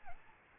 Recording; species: mosquito wingbeat signal from an infrared sensor; Aedes albopictus